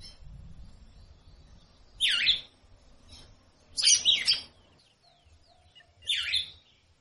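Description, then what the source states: Red-cowled cardinal giving harsh, rasping calls, three separate bursts spaced about two seconds apart, over a low rumbling background noise. Female calling a great deal, to warm up a female.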